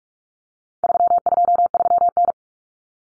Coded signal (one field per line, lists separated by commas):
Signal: Morse code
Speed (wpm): 44 wpm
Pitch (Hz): 700 Hz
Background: none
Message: 323N